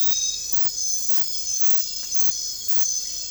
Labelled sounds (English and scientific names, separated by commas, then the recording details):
none
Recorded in dense forest near Puerto Asís, Putumayo, Colombia, on 21 December 2024 at 22:00
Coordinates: 0.484, -76.317
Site G026